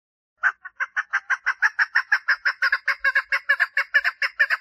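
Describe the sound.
Partridge song: a long rhythmic string of many grating notes, slightly irregular.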